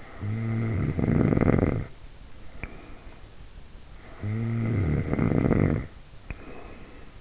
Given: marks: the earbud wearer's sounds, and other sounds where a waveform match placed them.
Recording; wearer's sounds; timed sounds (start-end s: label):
sounds in sleep by an in-ear microphone; snoring breath
0.00-3.26 s: snoring breath
4.00-7.20 s: snoring breath